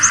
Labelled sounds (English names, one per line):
Blue-winged Warbler flight call